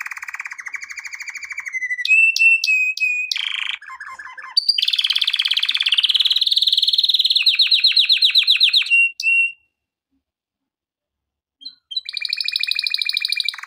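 Canary song: trills, clipped high whistles and a fast bright rattle, then a pause of about two seconds before a new high trill begins.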